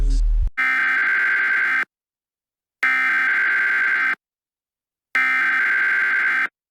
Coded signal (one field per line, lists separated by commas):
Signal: Emergency Alert System (SAME) tones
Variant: header bursts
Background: speech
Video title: EAS scenario: Kee Hat#s Me 4 (FULL)